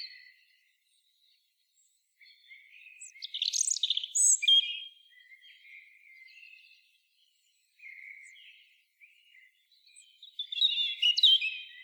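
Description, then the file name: European robin song: several wistful phrases of high thin whistles and liquid trills, some soft and some louder, with brief quiet gaps between them. "Erithacus rubecula"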